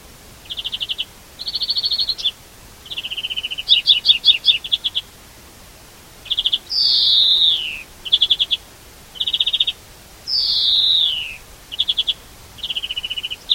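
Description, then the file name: European greenfinch song: varied trilled rattles and twangy notes interspersed with two long drawn-out descending wheezes, delivered continuously. "Chloris chloris"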